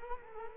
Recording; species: mosquito wingbeat signal from an infrared sensor; Culex quinquefasciatus